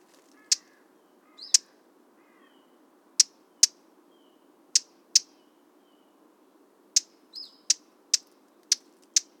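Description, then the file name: Eurasian blackcap giving sharp, hard tack calls in irregular series, clicks spaced about half a second to two seconds apart, with a few faint thin notes between. "Sylvia atricapilla"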